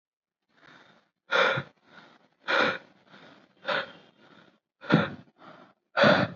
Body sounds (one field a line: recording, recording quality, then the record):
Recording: deep breathing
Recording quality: excellent, no background noise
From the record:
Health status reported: recovered from COVID-19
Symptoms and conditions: none ticked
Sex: male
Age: 23 years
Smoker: not ticked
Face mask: not worn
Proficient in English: yes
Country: India